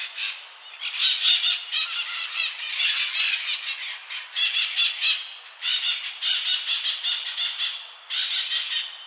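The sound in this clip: Bird producing a nearly continuous run of harsh, buzzy squawks in loud pulsed phrases with brief gaps.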